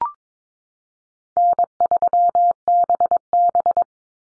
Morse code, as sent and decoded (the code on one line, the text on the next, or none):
-. ...-- -... -...
N3BB